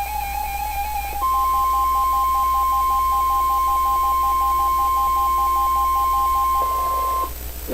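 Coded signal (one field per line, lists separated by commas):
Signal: Emergency Alert System (SAME) tones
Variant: 1050 Hz attention tone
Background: music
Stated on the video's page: SAME tones from severe thunderstorm, special marine and flood alerts.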